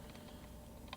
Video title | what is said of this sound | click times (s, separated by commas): iPhone 8/SE2020 screen replacement | You're now ready to click the screen back in place of the frame, so run your hand around the perimeter of the device. | 0.9 s